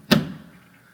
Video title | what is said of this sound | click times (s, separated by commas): Installation video of a Twice Bright light fixture. | slight snap with my wrist and it'll slide in | 0.1 s